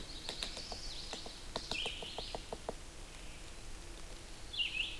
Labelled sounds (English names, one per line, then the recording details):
Red-eyed Vireo song
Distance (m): 50 m
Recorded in boreal forest in Alberta, Canada, on 8 June 2016 at 08:44
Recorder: SongMeter 3, array SBT-3-9
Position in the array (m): 35 m, 112 m